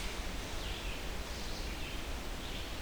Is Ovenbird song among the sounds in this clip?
no